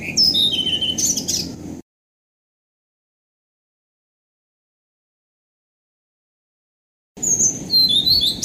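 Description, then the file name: Blue-throated flycatcher: a phrase of high sliding whistles and twitters, a long pause, then another quick run of bright whistled notes. "kicau-sikatan-blue-throated -omkicau"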